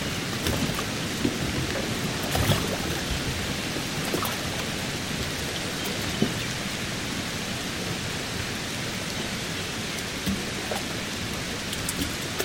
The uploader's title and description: Rain on the Harbor. Rain patters steadily on the calm, lapping waters of the marina. Boats rock gently in the breeze.